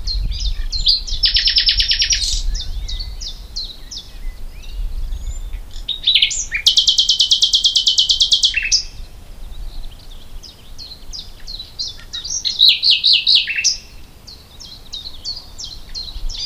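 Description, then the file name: Common nightingale song: runs of quick, sharply falling high notes broken by loud buzzy rattling trills, phrases separated by short pauses. "Luscinia megarhynchos"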